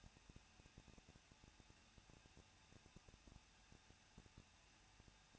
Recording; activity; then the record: daily activity, microphone in the room; no activity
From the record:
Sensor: 2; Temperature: 21.0 degrees Celsius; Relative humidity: 37.3%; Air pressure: 1006.4 hPa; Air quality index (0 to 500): 220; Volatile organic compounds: 23 ppm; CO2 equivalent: 2778 ppm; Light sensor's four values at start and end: 2/3/2/2 and 2/3/2/2